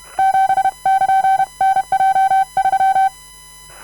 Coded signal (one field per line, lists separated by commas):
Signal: Morse code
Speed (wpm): 31 wpm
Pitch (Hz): 770 Hz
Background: none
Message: 7<KN>NJ3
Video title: Edy Boget de YB1JCD sending random morse code all characters, numbers and punctuation